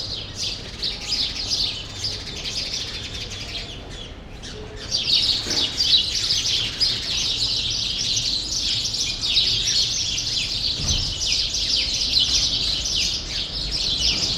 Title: Rue Saint-Jean Népomucène 13, 1000 Bruxelles, Belgique - Sparrows - Moineaux